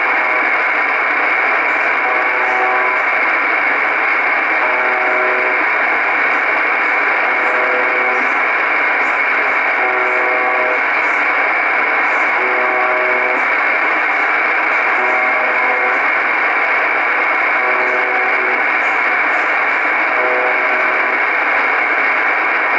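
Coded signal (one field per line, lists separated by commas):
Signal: channel marker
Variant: UVB-76 (The Buzzer)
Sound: short low harmonic buzzes repeating every few seconds, buried in loud static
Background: radio static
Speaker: it usually buzzes pretty much all the time but in between the buzzing there are some Communications and uh you could have military messages and coded messages and and so on so 4625 khz the Russian buzzer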